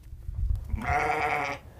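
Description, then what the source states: Sheep bleating, a single drawn-out harmonic bleat lasting under a second, preceded by low rumbling noise. Ewes in a pen before shearing on a farm of a professional sheep shearer from Covington, Georgia; windy, sunny day after a cool morning.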